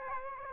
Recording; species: mosquito wingbeat signal from an infrared sensor; Aedes aegypti